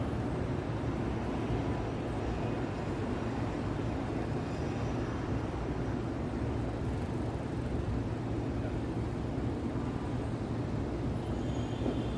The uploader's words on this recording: Open Window New York City Soundscape at Night. Midtown Manhattan City Sounds. City soundscape of Midtown New York City in binaural audio. This is a view of 33rd street from my hotel room in the evening. The audio is not looped and recorded on location.